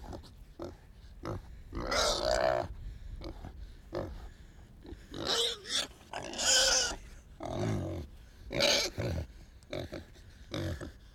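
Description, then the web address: Pig squealing in several rough, strained bursts with low grunts between them. Piglet, squealing and grunting. "yle fi tehosto porsas kiljuu ja rohkii"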